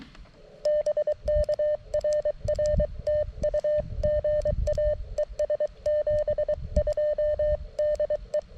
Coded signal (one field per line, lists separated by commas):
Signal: Morse code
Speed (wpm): 23 wpm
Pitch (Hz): 600 Hz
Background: none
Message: BK RR TU GA ES 72 DE